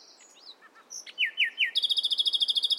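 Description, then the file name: Common nightingale with a few soft notes, three loud downslurred whistles, then a rapid, even, high trill. "Luscinia megarhynchos"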